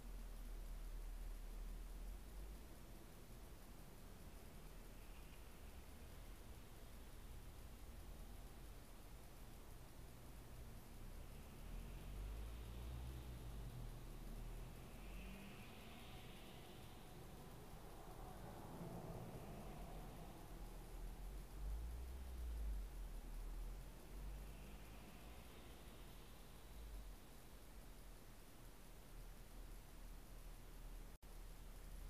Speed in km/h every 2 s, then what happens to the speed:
0, 0, 0, 0, 0, 0, 0, 0, 0, 0, 0, 0, 0, 0, 0, 0.
0-32 standing.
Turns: none.